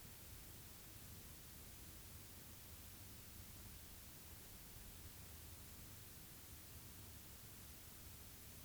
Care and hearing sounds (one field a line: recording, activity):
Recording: daily activity, guitar pickup as the sensor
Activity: stand